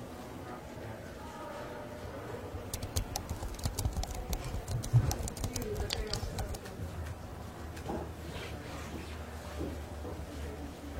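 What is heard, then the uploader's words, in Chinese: Library ambience with a steady low hum and a faint murmur of voices throughout. From about three to six and a half seconds comes a quick run of light, crisp taps like typing, with one louder knock near five seconds, then a few scattered soft bumps. 图书馆环境音 打字声 写字翻书。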